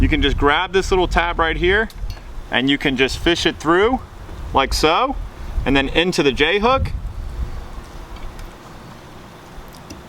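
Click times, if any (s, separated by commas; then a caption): 9.9 s. Someone talks while reinstalling a wiper blade on a 2019 Chevrolet Silverado, feeding the blade's adapter tab through and onto the J-hook of the wiper arm. After the talking fades, the blade is pushed forward and a short click is heard at 9.9 s as it seats and locks onto the J-hook.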